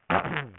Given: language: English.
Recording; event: throat vibration sensor signal played as sound; throat clearing